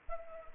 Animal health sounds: mosquito wingbeat signal from an infrared sensor; Anopheles arabiensis

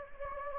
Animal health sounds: mosquito wingbeat signal from an infrared sensor; Anopheles gambiae

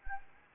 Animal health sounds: mosquito wingbeat signal from an infrared sensor; Anopheles gambiae

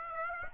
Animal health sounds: mosquito wingbeat signal from an infrared sensor; Aedes aegypti

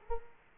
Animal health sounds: mosquito wingbeat signal from an infrared sensor; Culex quinquefasciatus

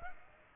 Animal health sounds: mosquito wingbeat signal from an infrared sensor; Aedes aegypti

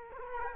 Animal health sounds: mosquito wingbeat signal from an infrared sensor; Culex quinquefasciatus

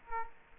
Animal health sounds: mosquito wingbeat signal from an infrared sensor; Culex quinquefasciatus

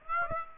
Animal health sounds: mosquito wingbeat signal from an infrared sensor; Aedes aegypti

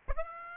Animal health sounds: mosquito wingbeat signal from an infrared sensor; Aedes aegypti

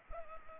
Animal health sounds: mosquito wingbeat signal from an infrared sensor; Culex pipiens

